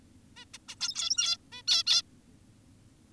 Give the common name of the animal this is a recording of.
Zebra Finch